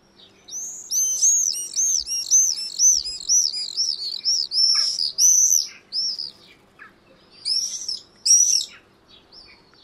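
Swift giving shrill, high screams in quick arched notes, strung into a fast run for several seconds, then a pause and a few more scattered screams.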